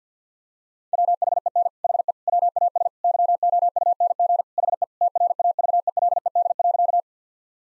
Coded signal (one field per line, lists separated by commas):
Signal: Morse code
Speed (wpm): 50 wpm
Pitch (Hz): 700 Hz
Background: none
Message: WHEN HE WAS YOUNG HE TRAVELED.